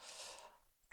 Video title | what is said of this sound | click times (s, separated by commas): Моя колекція багнетів) | А, ну все, зафіксувався. | 0.9 s